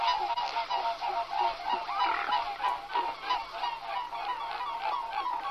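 Birds honking: a flock gives continuous, overlapping nasal honks at a rapid pace.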